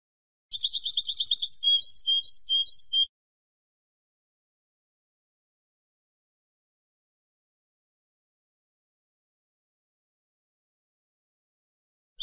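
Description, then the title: European goldfinch song, a quick run of tinkling, twittering notes for under three seconds, followed by a long silence. "Jilguero"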